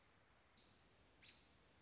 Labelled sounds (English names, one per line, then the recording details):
American Robin
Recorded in Sonoma County, California